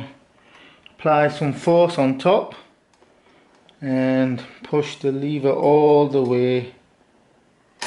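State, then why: Seated. Someone talks while pushing the cam lever of a stock AMD Wraith Prism CPU cooler's retention clip all the way over on the AM4 socket bracket of a motherboard. A single loud hit at 7.8 s marks the lever seating, leaving the cooler fully tight and locked in place.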